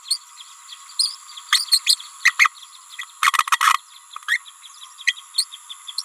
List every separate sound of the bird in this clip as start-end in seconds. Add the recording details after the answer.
0.10-0.18, 0.99-1.16, 1.52-1.65, 1.71-1.80, 1.86-1.96, 2.25-2.32, 2.38-2.49, 3.22-3.33, 3.60-3.79, 4.28-4.38, 5.06-5.14, 5.34-5.45, 5.97-6.03. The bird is a female. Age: 28 days. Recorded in a nest box in Venezuela. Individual 17B31A3